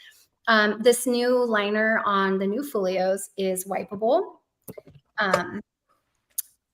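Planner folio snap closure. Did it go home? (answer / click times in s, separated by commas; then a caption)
yes / 6.4 s. Someone talks for most of the clip, then a planner folio is closed and its snap closure clicks shut with one sharp click at 6.4 s. The closure is seated.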